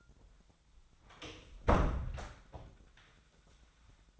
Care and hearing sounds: daily activity, microphone in the room; close door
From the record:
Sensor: 3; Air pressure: 1009.2 hPa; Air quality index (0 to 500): 186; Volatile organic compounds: 3 ppm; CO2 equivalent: 1498 ppm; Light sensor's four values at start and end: 50/131/57/58 and 50/130/56/57

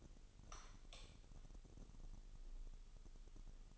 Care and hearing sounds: daily activity, microphone in the room; light on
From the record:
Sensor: 4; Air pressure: 989.2 hPa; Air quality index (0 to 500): 223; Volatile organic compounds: 82 ppm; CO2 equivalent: 3622 ppm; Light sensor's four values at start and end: 24/79/30/30 and 27/91/34/35

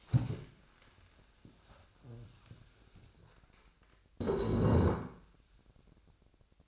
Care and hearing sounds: daily activity, microphone in the room; stand up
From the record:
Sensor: 2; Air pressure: 1000.3 hPa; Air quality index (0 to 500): 161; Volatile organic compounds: 3 ppm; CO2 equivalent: 1343 ppm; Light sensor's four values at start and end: 9/22/9/10 and 10/20/9/10

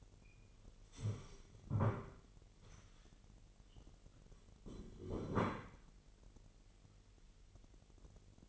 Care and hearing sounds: daily activity, microphone in the room; stand up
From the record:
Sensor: 4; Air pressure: 999.4 hPa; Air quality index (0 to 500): 103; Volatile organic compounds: 2 ppm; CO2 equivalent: 1017 ppm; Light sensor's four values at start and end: 11/26/11/12 and 11/26/11/12

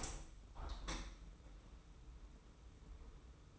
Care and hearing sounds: daily activity, microphone in the room; open window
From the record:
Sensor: 1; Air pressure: 991.2 hPa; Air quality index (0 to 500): 111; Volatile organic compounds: 118 ppm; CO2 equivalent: 3862 ppm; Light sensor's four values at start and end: 37/117/46/47 and 37/117/46/48

